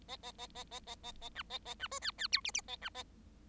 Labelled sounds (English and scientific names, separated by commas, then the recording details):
Bengalese Finch (Lonchura striata domestica) song
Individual Bird7